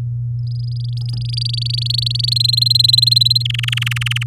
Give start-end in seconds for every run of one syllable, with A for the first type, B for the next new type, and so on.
0.47-2.34 A, 2.36-3.43 B, 3.45-4.23 C